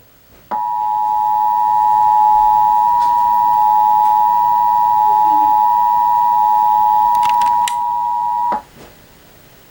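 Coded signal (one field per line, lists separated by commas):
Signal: Emergency Alert System (SAME) tones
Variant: 853 and 960 Hz attention tone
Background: speech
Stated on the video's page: Real civil emergency message cancelling an evacuation warning in San Luis Obispo County, received from several stations.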